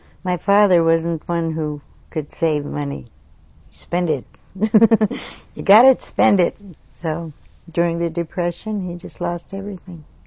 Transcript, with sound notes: my father wasn't one who could save money. Spend it. (laughs) You got it, spend it! So. During the Depression, we just lost everything.